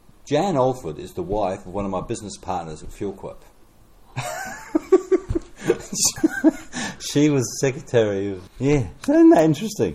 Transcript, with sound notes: Jan Alford is the wife of one of my business partners at Fuelquip. [Chuckle] She was secretary of… yeah. So isn’t that interesting?